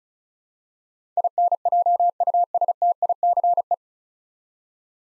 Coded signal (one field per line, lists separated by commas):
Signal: Morse code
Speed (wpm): 36 wpm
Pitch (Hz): 700 Hz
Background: none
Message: INJUSTICE